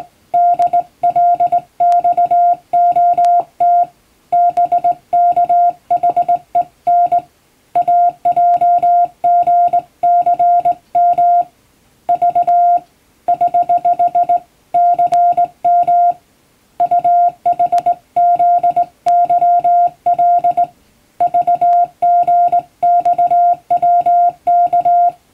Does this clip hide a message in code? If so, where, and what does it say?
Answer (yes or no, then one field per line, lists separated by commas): yes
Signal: Morse code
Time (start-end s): 0.3-25.1 s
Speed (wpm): 20 wpm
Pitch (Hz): 700 Hz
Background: music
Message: DLXOT BKHEN AJGCM V <HH> CM UHZYL VGXWK